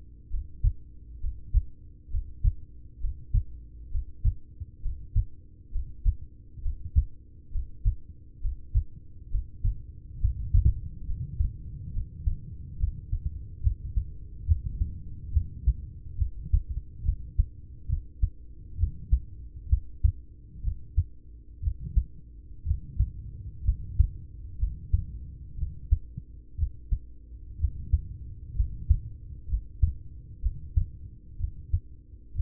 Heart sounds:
heart sounds by stethoscope; 66 bpm
0.27 s: heartbeat
1.17 s: heartbeat
2.07 s: heartbeat
2.97 s: heartbeat
3.87 s: heartbeat
4.78 s: heartbeat
5.68 s: heartbeat
6.58 s: heartbeat
7.48 s: heartbeat
8.37 s: heartbeat
9.27 s: heartbeat
10.16 s: heartbeat
11.02 s: heartbeat
11.90 s: heartbeat
12.76 s: heartbeat
13.60 s: heartbeat
14.45 s: heartbeat
15.30 s: heartbeat
16.15 s: heartbeat
17.01 s: heartbeat
17.86 s: heartbeat
18.75 s: heartbeat
19.66 s: heartbeat
20.60 s: heartbeat
21.59 s: heartbeat
22.62 s: heartbeat
23.61 s: heartbeat
24.55 s: heartbeat
25.54 s: heartbeat
26.55 s: heartbeat
27.56 s: heartbeat
28.52 s: heartbeat
29.45 s: heartbeat
30.39 s: heartbeat
31.36 s: heartbeat
32.32 s: heartbeat
From the record:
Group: heart failure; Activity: Valsalva maneuver 0-12 s, rest 12-32 s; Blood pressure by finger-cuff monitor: 102/61 mmHg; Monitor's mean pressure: 72 mmHg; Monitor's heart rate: 66 bpm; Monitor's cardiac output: 5 L/min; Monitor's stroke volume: 74 mL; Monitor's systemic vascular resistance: 990 dyn s/cm5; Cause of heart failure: ischemic heart disease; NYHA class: 1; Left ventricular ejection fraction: 33%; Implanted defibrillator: present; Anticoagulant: apixaban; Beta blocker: carvedilol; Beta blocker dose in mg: 18.75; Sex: male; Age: 39 years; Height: 168 cm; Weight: 72 kg

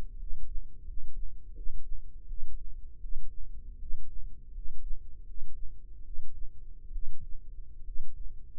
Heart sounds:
heart sounds by microphone in the left ear; 78 bpm
0.15 s: heartbeat
0.82 s: heartbeat
1.51 s: heartbeat
2.24 s: heartbeat
2.97 s: heartbeat
3.76 s: heartbeat
4.50 s: heartbeat
5.22 s: heartbeat
6.01 s: heartbeat
6.89 s: heartbeat
7.82 s: heartbeat
From the record:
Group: healthy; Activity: cold pressor test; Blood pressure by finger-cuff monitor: 95/46 mmHg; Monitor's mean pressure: 58 mmHg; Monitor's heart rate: 82 bpm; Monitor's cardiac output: 9.7 L/min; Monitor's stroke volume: 122 mL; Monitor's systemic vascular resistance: 390 dyn s/cm5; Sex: male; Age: 22 years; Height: 185 cm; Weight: 112.4 kg

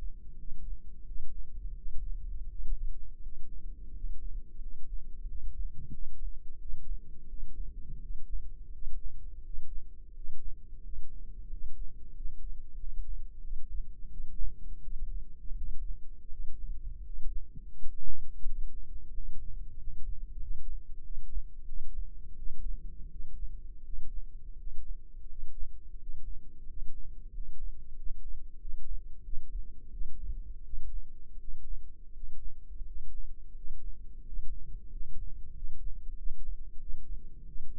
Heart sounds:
heart sounds by microphone in the left ear; 87 bpm
0.36 s: heartbeat
1.04 s: heartbeat
1.74 s: heartbeat
2.47 s: heartbeat
3.20 s: heartbeat
3.91 s: heartbeat
4.59 s: heartbeat
5.25 s: heartbeat
5.91 s: heartbeat
6.58 s: heartbeat
7.27 s: heartbeat
7.99 s: heartbeat
8.70 s: heartbeat
9.42 s: heartbeat
10.12 s: heartbeat
10.80 s: heartbeat
11.47 s: heartbeat
12.13 s: heartbeat
12.77 s: heartbeat
13.41 s: heartbeat
14.08 s: heartbeat
14.80 s: heartbeat
15.54 s: heartbeat
16.28 s: heartbeat
17.02 s: heartbeat
17.73 s: heartbeat
18.43 s: heartbeat
19.11 s: heartbeat
19.75 s: heartbeat
20.39 s: heartbeat
21.01 s: heartbeat
21.65 s: heartbeat
22.35 s: heartbeat
23.08 s: heartbeat
23.82 s: heartbeat
24.55 s: heartbeat
25.26 s: heartbeat
25.97 s: heartbeat
26.65 s: heartbeat
27.30 s: heartbeat
27.95 s: heartbeat
28.58 s: heartbeat
29.22 s: heartbeat
29.90 s: heartbeat
30.62 s: heartbeat
31.37 s: heartbeat
32.11 s: heartbeat
32.84 s: heartbeat
33.53 s: heartbeat
34.22 s: heartbeat
34.88 s: heartbeat
35.52 s: heartbeat
36.15 s: heartbeat
36.78 s: heartbeat
37.45 s: heartbeat
From the record:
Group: healthy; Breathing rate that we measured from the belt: 8 breaths a minute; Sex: male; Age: 33 years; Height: 179 cm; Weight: 80.4 kg

